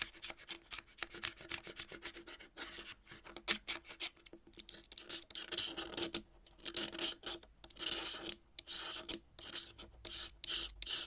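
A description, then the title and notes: Dry scraping and rasping of chalk being cut, in quick irregular strokes with brief pauses, bright and gritty, with a faint steady low hum. Chalk Cutting. No Talking.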